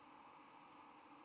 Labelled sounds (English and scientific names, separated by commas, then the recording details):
White-throated Sparrow (Zonotrichia albicollis) flight call
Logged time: 08:04 on 10 November 2014